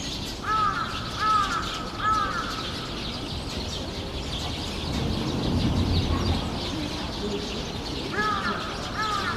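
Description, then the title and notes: Birds (flock): birds giving harsh, arched calls, three in a row early on, a long pause, then two more near the end, with steady background rumble and faint high chatter. A flock of birds in trees making noise at Sinbanpo Apartment, Jamwon-dong, Seocho-gu, Seoul, South Korea. "대한민국 서울특별시 서초구 잠원동 85-Sinbanpo Apt, A Flock of Birds. Sinbanpo Apt, a flock of birds making noise 신반포아파트, 나무 위의 새떼들"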